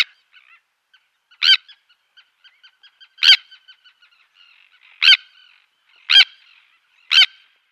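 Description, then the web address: Sandwich tern call: loud, harsh grating cries roughly every one to two seconds, with faint soft ticking notes in between. "Schulze Peter Sandwich Tern"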